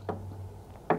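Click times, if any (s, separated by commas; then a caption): none. The red-taped bar of the 33-pound rear frame half of a folding power wheelchair is being lined up with the hooks on the 29-pound front half of the metal frame. Two short knocks sound at about 0.1 s and 0.9 s over a low hum, the second louder. Nothing has seated or clicked yet.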